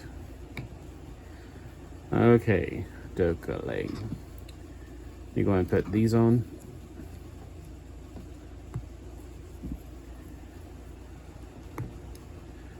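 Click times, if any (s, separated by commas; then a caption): 8.7 s, 11.8 s. Someone talks, then plastic leg pieces of a snap-fit mecha model kit are pressed onto their pegs on the figure's leg frame. Sharp pops are heard at 8.7 s and 11.8 s as both parts snap into place, seated.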